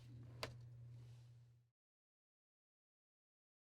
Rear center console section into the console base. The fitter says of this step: When replacing the console, ensure that it clicks into place.